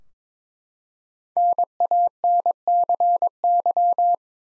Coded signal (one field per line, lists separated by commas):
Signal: Morse code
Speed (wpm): 22 wpm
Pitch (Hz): 700 Hz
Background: none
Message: NANCY